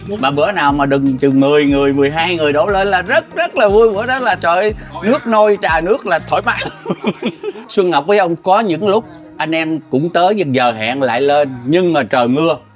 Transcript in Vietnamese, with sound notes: Mà bữa nào mà đừng chừng mười người, mười hai người đổ lên là rất rất là vui. Bữa đó là trời ơi, nuốt nôi trà nước là thoải mái [cười] Xuân Ngọc biết không có những lúc anh em cũng tới giờ hẹn lại lên. Nhưng mà trời mưa,